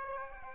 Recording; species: mosquito wingbeat signal from an infrared sensor; Aedes aegypti